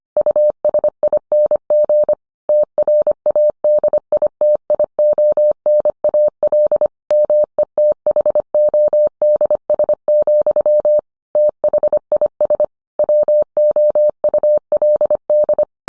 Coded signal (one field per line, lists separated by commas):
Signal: Morse code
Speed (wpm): 25 wpm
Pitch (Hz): 600 Hz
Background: none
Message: USING TRADITIONAL METHODS, THIS WOULD